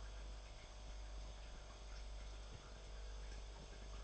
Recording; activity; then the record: daily activity, microphone in the room; make coffee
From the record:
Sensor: 5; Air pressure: 991.9 hPa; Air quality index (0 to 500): 166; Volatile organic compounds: 392 ppm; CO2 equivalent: 4659 ppm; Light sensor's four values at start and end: 32/108/40/43 and 32/108/40/43